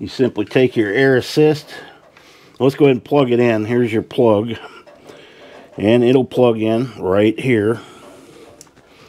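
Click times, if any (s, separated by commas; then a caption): 8.6 s. An air assist plug is pushed into its socket on a Creality Falcon 2 22W laser engraver while someone talks. A sharp, short snap is heard at 8.6 seconds as the plug seats in the socket.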